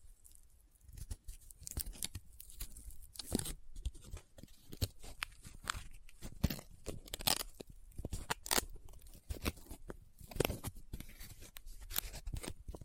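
Paper crinkles, rubs and scratches in dense, irregular bursts of crisp, bright rustling, with sharper snaps near four, seven and ten seconds.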